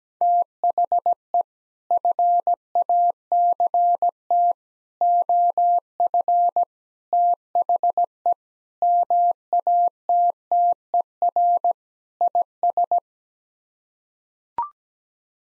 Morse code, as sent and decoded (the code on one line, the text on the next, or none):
- .... . / ..-. .- -.-. - / --- ..-. / - .... . / -- .- - - . .-. / .. ...
THE FACT OF THE MATTER IS